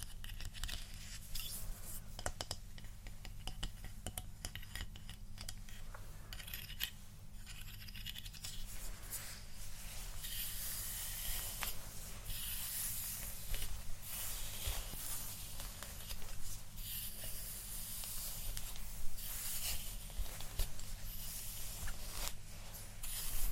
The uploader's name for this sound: Hair Play, Brushing, Scratching, Combing